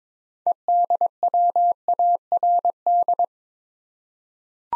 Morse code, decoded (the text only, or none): EDWARD